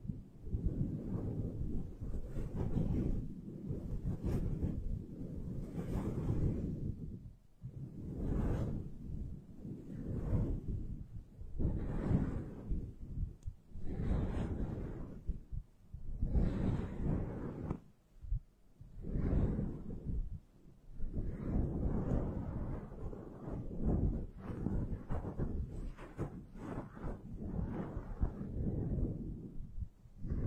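Foam windscreen on a microphone is rubbed and squeezed, making deep muffled rumbling swishes in uneven bursts, with brief pauses near 8 and 18 seconds.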